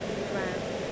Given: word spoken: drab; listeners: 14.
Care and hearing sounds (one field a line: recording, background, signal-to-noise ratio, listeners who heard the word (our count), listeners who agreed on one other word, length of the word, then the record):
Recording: one English word in noise, from a listening test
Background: speech-shaped noise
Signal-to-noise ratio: -4.9 dB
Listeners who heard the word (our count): 0 of 14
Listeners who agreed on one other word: 6 of 14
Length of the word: 0.52 s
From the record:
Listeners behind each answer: 6, 3, 1, 1, 1, 1, 1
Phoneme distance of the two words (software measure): 37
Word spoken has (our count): 1 syllable, 4 phonemes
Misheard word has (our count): 1 syllable, 5 phonemes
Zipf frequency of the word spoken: 3.11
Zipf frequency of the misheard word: 5.19